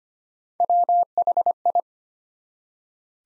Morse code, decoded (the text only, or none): WHI